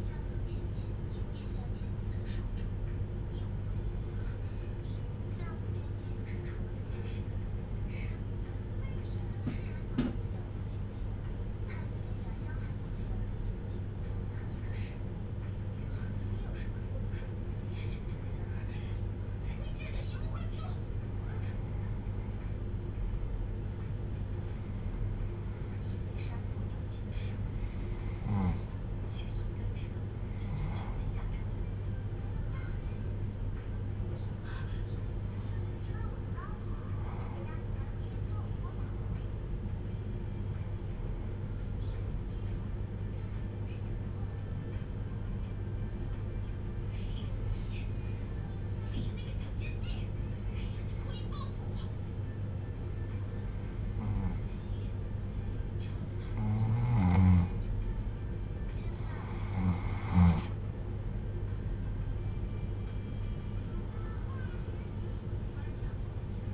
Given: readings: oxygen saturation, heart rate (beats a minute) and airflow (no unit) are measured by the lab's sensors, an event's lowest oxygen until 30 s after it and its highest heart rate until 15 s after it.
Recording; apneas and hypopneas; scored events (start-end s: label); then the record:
breathing in sleep by a smartphone at the bedside; 1
0.00-35.00 s: awake
41.00-62.40 s: hypopnea (N1, oxygen 95% highest, then 87% lowest)
From the record:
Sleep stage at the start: N1 (lightest sleep); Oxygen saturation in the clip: 91 to 95%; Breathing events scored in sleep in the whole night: 310 in 8.1 hours asleep